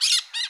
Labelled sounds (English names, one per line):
Brown-throated Parakeet contact call